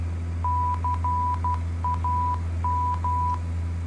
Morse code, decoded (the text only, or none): CAM